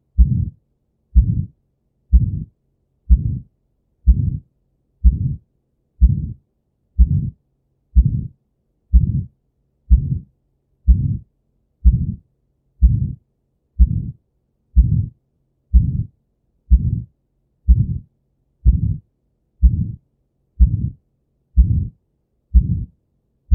Aortic stenosis: an ejection systolic murmur which radiates to the carotids.